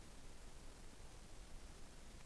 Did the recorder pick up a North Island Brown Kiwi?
no